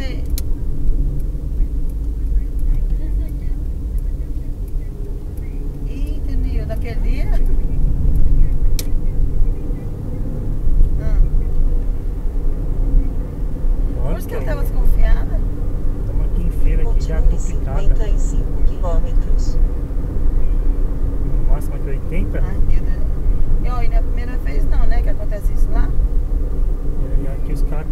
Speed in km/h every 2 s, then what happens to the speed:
45, 39, 41, 48, 57, 63, 70, 78, 81, 86, 86, 83, 80, 78.
4-18 speeds up to 86. 18-28 slows to 78.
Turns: none.